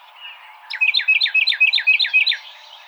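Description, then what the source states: Carolina wren song: a quick, even run of several rolling, sweeping repeated phrases after a brief quieter start. Recorded 26 March 2007.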